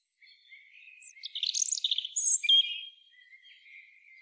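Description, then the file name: European robin song, faint thin whistles building to a quick jumble of high trills and twitters, then fading to soft drawn notes. "Erithacus rubecula"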